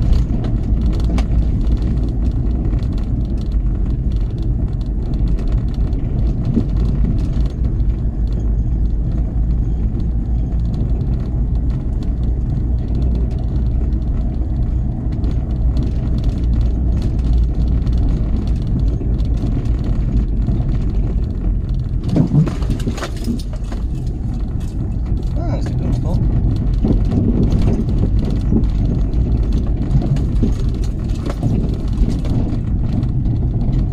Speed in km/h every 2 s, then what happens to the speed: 23, 19, 19, 21, 23, 23, 24, 26, 24, 21, 19, 15, 16, 19, 19, 18, 18.
0-16 steady at about 23. 16-22 slows to 15. 22-34 steady at about 18.